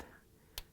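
A plastic wire harness retainer clip is pushed into its hole in the washer cabinet until it locks in place. A single sharp snap is heard at 0.6 s over a quiet background, and the retainer is seated.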